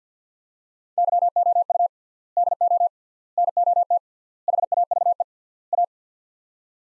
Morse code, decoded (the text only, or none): YOU DO NOT HAVE A